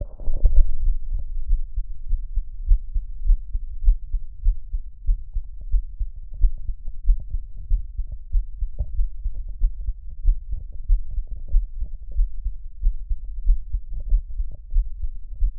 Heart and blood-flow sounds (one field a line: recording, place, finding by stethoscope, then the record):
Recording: heart sounds by stethoscope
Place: tricuspid valve (TV)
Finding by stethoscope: normal heart sounds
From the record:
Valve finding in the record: tricuspid regurgitation, grade 0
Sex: male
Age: 36 years